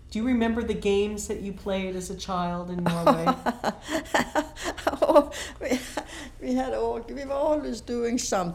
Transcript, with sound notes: Do you remember the games that you played as a child in Norway?
(she laughs) I, we, we, we had al-, we were always doing something.